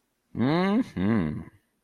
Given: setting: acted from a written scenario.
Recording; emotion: vocal sound without words; romantic love